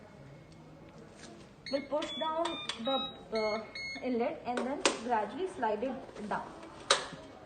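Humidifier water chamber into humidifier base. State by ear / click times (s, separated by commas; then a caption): seated / 6.9 s. Someone talks while the water chamber of a ventilator humidifier is pushed down at its inlet and slid into its base. A sharp click at 6.9 s marks the chamber seating properly in the humidifier base.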